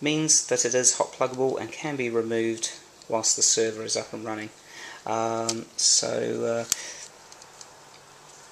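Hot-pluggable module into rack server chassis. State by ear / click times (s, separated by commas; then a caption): not seated / none. Someone talks while handling an orange-tabbed, hot-pluggable module from a Dell PowerEdge R710 rack server, about to slide it back into the chassis. A few faint, soft taps follow near 7.3–7.6 seconds in a quiet tail. Nothing has seated or clicked yet.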